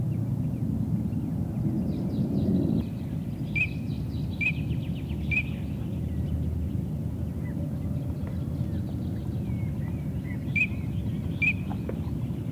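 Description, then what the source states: Eurasian teal calling: brief high whistled notes in small groups with pauses between, over a steady low rumble. Field recording from Finland, released on cassette in 1988.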